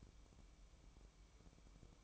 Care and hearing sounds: daily activity, microphone in the room; light off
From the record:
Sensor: 1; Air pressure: 1008.0 hPa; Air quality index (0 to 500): 122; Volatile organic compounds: 2 ppm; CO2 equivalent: 1030 ppm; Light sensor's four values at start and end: 10/24/10/10 and 10/23/9/10

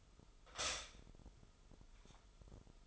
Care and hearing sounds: daily activity, microphone in the room; stop toaster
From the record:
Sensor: 5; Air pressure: 988.7 hPa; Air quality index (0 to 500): 230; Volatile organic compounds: 170 ppm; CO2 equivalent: 4105 ppm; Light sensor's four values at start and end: 39/123/48/51 and 40/123/48/51

